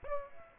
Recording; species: mosquito wingbeat signal from an infrared sensor; Aedes aegypti